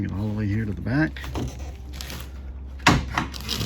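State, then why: Seated. Someone talks while the rolled-out roll-up tonneau cover on a 2019 RAM 1500 Limited truck bed is pushed to the rear and into the latches on the bed rails. A sharp latch click is heard at 2.9 s, followed by a few lighter knocks, and the cover is seated at the rear.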